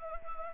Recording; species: mosquito wingbeat signal from an infrared sensor; Anopheles gambiae